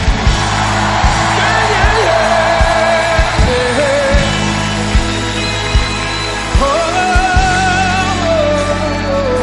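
A crowd of people with hands raised shouts and whoops with joy to the king in a loud, sustained roar, with rising voices breaking out above a steady beat of sharp thumps.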